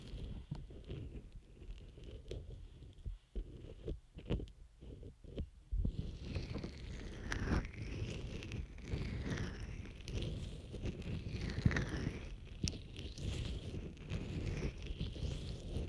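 Ear massage and moisturizing care with rubbing and stroking sounds. The first six seconds bring soft, broken brushing with gaps and light taps; after that a denser, continuous scrubbing takes over, with slick, wet-sounding swishes and occasional sharp taps around seven and twelve seconds.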